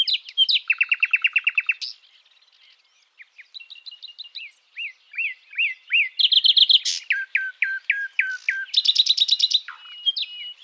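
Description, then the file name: Common nightingale song: a fast repeated trill, then a series of slurred whistles and descending notes, ending in bright rattles and a brief whistle. "Luscinia megarhynchos"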